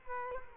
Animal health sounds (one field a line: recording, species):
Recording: mosquito wingbeat signal from an infrared sensor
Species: Culex quinquefasciatus